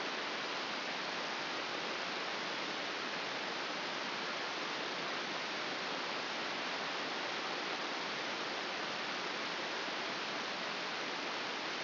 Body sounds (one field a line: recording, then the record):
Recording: brain microelectrode recording played as sound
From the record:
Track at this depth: outside the subthalamic nucleus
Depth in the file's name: 5.801 mm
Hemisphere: right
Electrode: 2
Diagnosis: Parkinson's disease